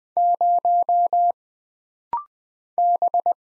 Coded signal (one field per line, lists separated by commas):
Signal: Morse code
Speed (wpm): 20 wpm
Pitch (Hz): 700 Hz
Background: none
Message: 0 B